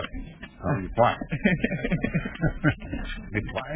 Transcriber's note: laughter